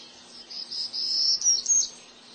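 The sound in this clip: Townsend's warbler singing one high, thin, buzzy phrase of wheezy notes that ends with two sharper, higher buzzes, over a faint steady hiss.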